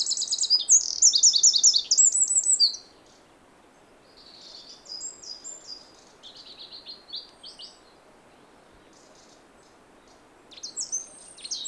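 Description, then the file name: Eurasian wren: an energetic high trilled outburst for nearly three seconds, quieter chattering phrases in the middle, then a fresh loud trill starting near the end. "Troglodytes troglodytes"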